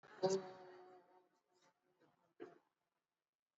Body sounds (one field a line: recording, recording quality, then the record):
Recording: sustained vowel as in boot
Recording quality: poor, much background noise or distortion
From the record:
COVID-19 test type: RT-PCR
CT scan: not taken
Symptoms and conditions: cough, cold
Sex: female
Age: 58 years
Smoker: no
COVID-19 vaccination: both doses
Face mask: worn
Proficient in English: yes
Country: India